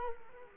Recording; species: mosquito wingbeat signal from an infrared sensor; Culex quinquefasciatus